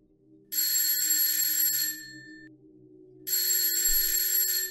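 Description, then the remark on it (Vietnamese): A loud, shrill school break bell rings in two sustained bursts, each over a second long, separated by a short pause, with a low steady hum beneath and no talking. “Chuông giải lao vang lên.”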